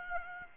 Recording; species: mosquito wingbeat signal from an infrared sensor; Aedes aegypti